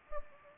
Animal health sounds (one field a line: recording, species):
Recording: mosquito wingbeat signal from an infrared sensor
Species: Anopheles gambiae